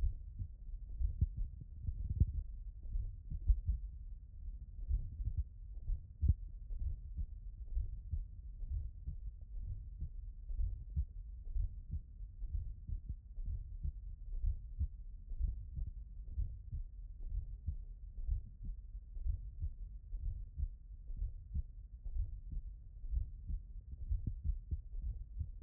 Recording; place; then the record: heart sounds by stethoscope; tricuspid valve (TV)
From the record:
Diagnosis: non-HFrEF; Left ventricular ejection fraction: 58%